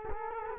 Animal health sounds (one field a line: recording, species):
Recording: mosquito wingbeat signal from an infrared sensor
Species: Culex quinquefasciatus